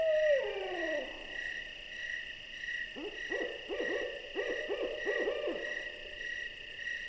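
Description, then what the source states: Owl calls: a quavering descending whinny, then a quick series of short wavering notes after a pause, over steady chirring of crickets. An owl visiting.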